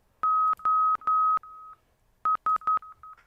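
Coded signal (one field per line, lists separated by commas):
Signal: Morse code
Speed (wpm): 11 wpm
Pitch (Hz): 1270 Hz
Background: none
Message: OS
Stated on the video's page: Morse in a 1996 edutainment game.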